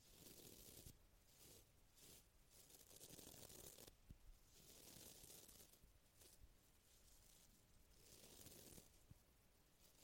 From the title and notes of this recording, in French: ASMR - 30 minutes de brushing. Brushing sur le micro (avec et sans bonnette).